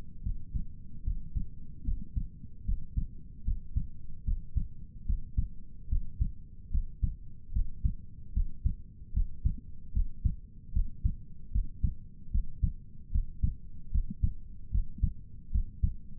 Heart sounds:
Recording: heart sounds by stethoscope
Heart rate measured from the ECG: 75 bpm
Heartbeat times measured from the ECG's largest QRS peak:
0.22 s: heartbeat
1.04 s: heartbeat
1.84 s: heartbeat
2.65 s: heartbeat
3.44 s: heartbeat
4.24 s: heartbeat
5.06 s: heartbeat
5.89 s: heartbeat
6.71 s: heartbeat
7.53 s: heartbeat
8.33 s: heartbeat
9.13 s: heartbeat
9.93 s: heartbeat
10.73 s: heartbeat
11.52 s: heartbeat
12.31 s: heartbeat
13.12 s: heartbeat
13.92 s: heartbeat
14.71 s: heartbeat
15.52 s: heartbeat
From the record:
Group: healthy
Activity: Valsalva maneuver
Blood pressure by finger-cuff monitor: 94/67 mmHg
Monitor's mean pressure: 74 mmHg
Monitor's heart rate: 75 bpm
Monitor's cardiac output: 6.7 L/min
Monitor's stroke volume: 92 mL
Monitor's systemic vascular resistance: 760 dyn s/cm5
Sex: male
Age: 22 years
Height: 181 cm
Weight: 79 kg

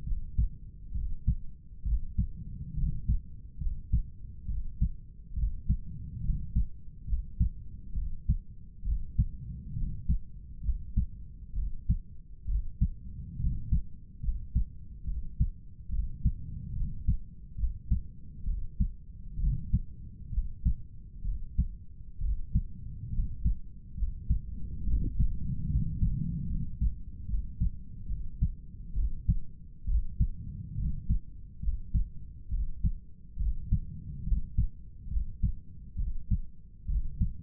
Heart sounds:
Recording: heart sounds by stethoscope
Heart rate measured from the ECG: 68 bpm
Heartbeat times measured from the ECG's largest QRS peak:
0.07 s: heartbeat
0.95 s: heartbeat
1.86 s: heartbeat
2.78 s: heartbeat
3.61 s: heartbeat
4.49 s: heartbeat
5.37 s: heartbeat
6.25 s: heartbeat
7.09 s: heartbeat
7.96 s: heartbeat
8.86 s: heartbeat
9.78 s: heartbeat
10.65 s: heartbeat
11.57 s: heartbeat
12.49 s: heartbeat
13.40 s: heartbeat
14.24 s: heartbeat
15.08 s: heartbeat
15.93 s: heartbeat
16.76 s: heartbeat
17.59 s: heartbeat
18.48 s: heartbeat
19.41 s: heartbeat
20.34 s: heartbeat
21.26 s: heartbeat
22.22 s: heartbeat
23.14 s: heartbeat
23.98 s: heartbeat
24.87 s: heartbeat
25.71 s: heartbeat
26.51 s: heartbeat
27.29 s: heartbeat
28.10 s: heartbeat
28.97 s: heartbeat
29.88 s: heartbeat
30.79 s: heartbeat
31.63 s: heartbeat
32.52 s: heartbeat
33.40 s: heartbeat
34.27 s: heartbeat
35.12 s: heartbeat
35.99 s: heartbeat
36.89 s: heartbeat
From the record:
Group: healthy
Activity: rest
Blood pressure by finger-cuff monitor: 147/99 mmHg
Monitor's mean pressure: 111 mmHg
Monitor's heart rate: 68 bpm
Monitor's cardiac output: 7 L/min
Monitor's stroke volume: 103 mL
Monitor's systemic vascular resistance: 1170 dyn s/cm5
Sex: male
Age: 30 years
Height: 188 cm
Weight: 110.2 kg

